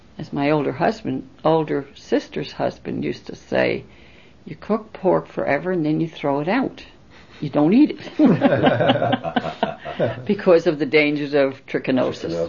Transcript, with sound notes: As my older husband, older sister's husband used to say, "You cook pork forever, and then you throw it out, you don't eat it." ( they laugh ) Because of the dangers of trichinosis.